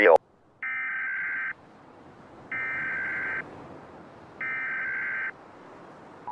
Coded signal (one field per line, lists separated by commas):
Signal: Emergency Alert System (SAME) tones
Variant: header bursts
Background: speech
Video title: Mega Tsunami: Emergency Alert System Radio (EAS) Ambience